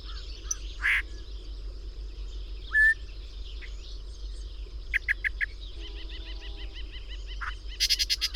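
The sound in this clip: Bird calls: a harsh note, a short whistle, soft repeated chips, and a loud rapid burst of notes at the finish, over a steady hum.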